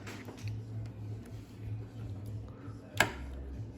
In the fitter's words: Oh, see, click.